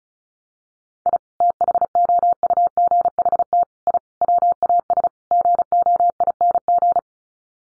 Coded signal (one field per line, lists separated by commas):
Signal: Morse code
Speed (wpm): 34 wpm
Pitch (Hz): 700 Hz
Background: none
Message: I THOUGHT I WAS GOING